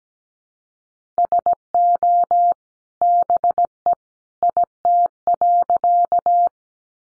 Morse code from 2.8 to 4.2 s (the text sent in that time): BE